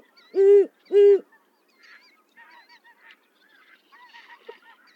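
Owl: two loud, low hoots in quick succession at the start, followed by faint, higher twittering.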